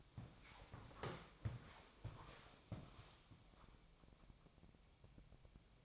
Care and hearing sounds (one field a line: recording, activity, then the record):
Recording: daily activity, microphone in the room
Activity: walk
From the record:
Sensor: 1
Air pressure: 1000.6 hPa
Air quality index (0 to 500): 171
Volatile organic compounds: 4 ppm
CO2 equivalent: 1585 ppm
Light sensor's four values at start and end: 15/38/16/18 and 12/28/12/14